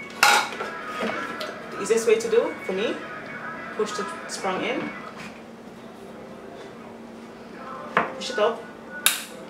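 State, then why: Seated. Someone talks while pushing the spring in and turning up the plastic spring-loaded leg/foot piece of an Evenflo 3-in-1 high chair, with light plastic knocks and handling sounds along the way. One sharp snap at 9.1 s marks the piece seating into the high chair frame, confirmed as snapped in place.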